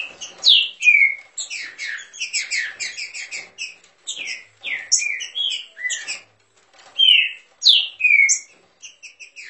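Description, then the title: Green-winged saltator producing busy, irregular bursts of sharp chips with repeated slurred downward whistles, almost continuous with short gaps. Bird warming up its song. "Canto De Trinca Ferro. Trinca Ferro esquentando!"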